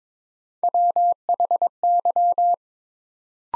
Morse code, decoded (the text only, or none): WHY